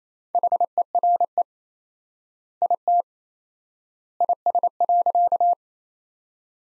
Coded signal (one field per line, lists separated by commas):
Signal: Morse code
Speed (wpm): 28 wpm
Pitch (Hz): 700 Hz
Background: none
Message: HERE IT IS.